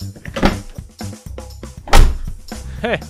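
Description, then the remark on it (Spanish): A car door opens with a dull clunk as the driver gets out of the car, followed by shuffling movement and a heavier thud as it swings shut; a brief voice sound comes near the end. “Baje del coche, por favor.”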